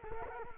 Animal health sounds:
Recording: mosquito wingbeat signal from an infrared sensor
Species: Culex quinquefasciatus

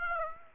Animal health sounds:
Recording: mosquito wingbeat signal from an infrared sensor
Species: Aedes aegypti

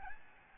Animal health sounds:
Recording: mosquito wingbeat signal from an infrared sensor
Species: Aedes albopictus

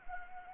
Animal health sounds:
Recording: mosquito wingbeat signal from an infrared sensor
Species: Anopheles arabiensis

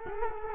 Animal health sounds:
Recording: mosquito wingbeat signal from an infrared sensor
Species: Culex quinquefasciatus

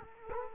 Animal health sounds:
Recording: mosquito wingbeat signal from an infrared sensor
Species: Culex quinquefasciatus

